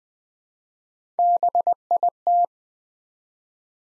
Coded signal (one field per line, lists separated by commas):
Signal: Morse code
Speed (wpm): 20 wpm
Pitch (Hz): 700 Hz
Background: none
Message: BIT